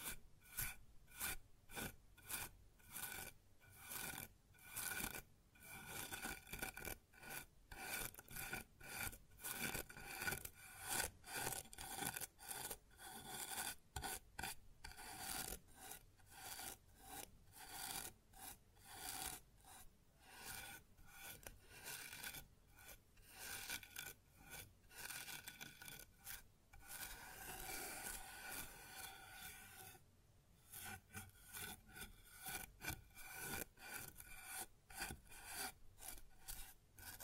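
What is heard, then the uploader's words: Rubbing and scratching sounds on a wooden surface, made in quick, fairly regular strokes that sound raspy, like filing. The strokes come densely throughout, briefly easing into a softer smooth rub around 27 to 30 seconds before the brisk rasping resumes. ASMR Sounds on Wooden Surface (No Talking).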